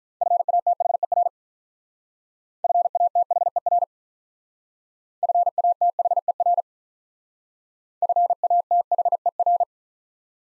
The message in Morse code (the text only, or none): FATHER FATHER FATHER FATHER